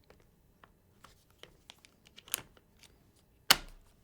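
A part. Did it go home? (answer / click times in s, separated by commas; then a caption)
yes / 3.5 s. A camera's quick-release plate is mounted into the clamp mount on a motorized slider carriage. A series of small handling clicks and rustles leads to a sharp, loud click at 3.5 seconds as the mount locks into place. The camera is confirmed seated and locked on the carriage.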